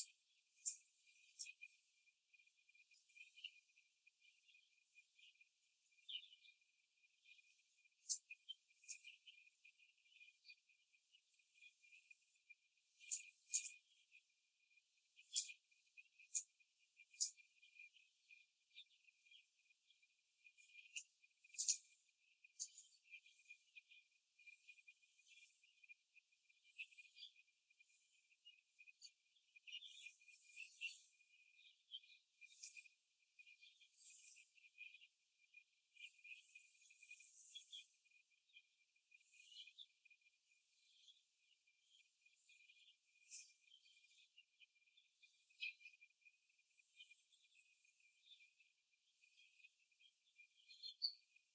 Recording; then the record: young laying hens in a cage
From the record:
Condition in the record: after the stressor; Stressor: simulated dog barking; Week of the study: 2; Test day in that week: 2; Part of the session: 2